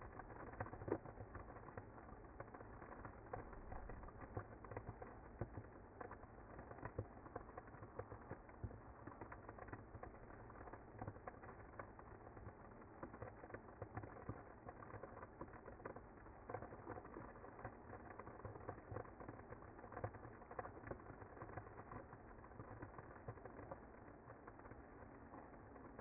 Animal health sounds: honeybee colony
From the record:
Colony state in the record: active

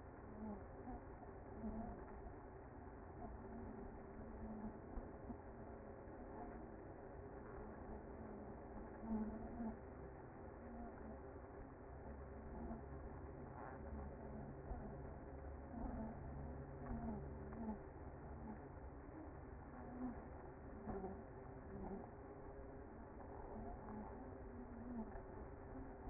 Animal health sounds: honeybee colony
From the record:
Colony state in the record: active

